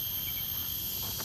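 A cardboard prop hammer, with a hole in its top, is being slid down over an aluminum pole buried in the ground, where an internal latch is meant to click and lock it on. A steady high, insect-like drone and low rumble fill the clip, with faint handling sounds near the end around 1.0–1.2 seconds. Nothing has clicked or seated yet.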